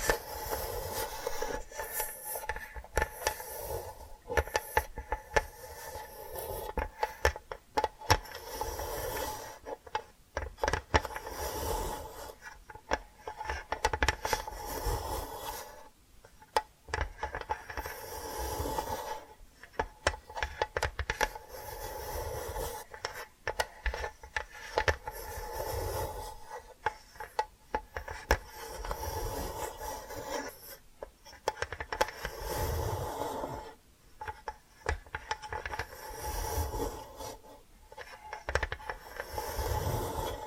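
Tapping and scratching on what sounds like wood, in dense, irregular bursts of rasping strokes and quick taps with no set rhythm. Short pauses break the flow around 16, 19, 31 and 37 seconds, and a faint steady tone hums underneath throughout.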